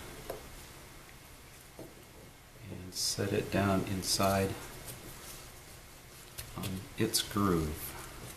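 During sailboat winch reassembly, a metal retaining ring is spread with pliers, set down inside the winch and pushed toward its groove while someone talks, with a brief faint tick near 0.3 s and quiet handling noise between phrases. The ring has not snapped into place or seated yet when the clip ends.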